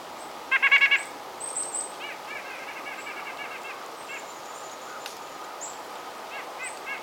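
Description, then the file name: White-breasted nuthatch calls: a loud rapid burst of nasal notes, then quieter nasal series continuing, while high thin whistles of another bird sound in the background. "Sitta carolinensis - White-breasted Nuthatch"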